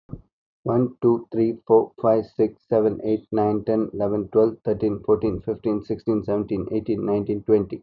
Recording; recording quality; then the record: counting at a fast pace; excellent, no background noise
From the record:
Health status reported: healthy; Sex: male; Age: 33 years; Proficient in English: yes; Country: India